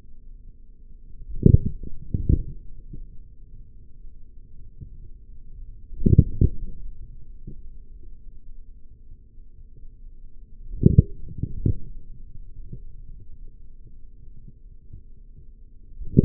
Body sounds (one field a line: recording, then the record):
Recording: forearm muscle sounds (acoustic myography)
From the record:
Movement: forearm supination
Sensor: system 3, bracelet of six PUI Audio POM-2738L microphones around the upper forearm, with dedicated amplification and filtering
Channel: 3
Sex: male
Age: 43 years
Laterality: right